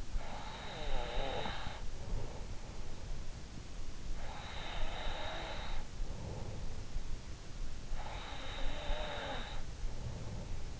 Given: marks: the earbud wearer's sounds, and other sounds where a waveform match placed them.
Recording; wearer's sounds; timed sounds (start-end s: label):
sounds in sleep by an in-ear microphone; breath
0.00-2.63 s: breath
3.71-6.52 s: breath
7.77-10.80 s: breath